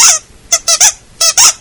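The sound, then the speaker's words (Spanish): A squeaky toy is squeezed five times for a dog named Alen Delon, in quick, uneven bursts, each a loud, shrill, wheezy honk with a high harmonic whine, with brief silences between squeezes. “Mirá el muñequito, mirá.”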